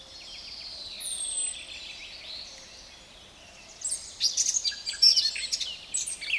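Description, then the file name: Eurasian blackcap, faint thin high notes and a soft warble at first, then a louder burst of scratchy, twittering song in the last few seconds. "Sylvia atricapilla"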